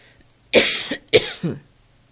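An adult coughs twice in quick succession.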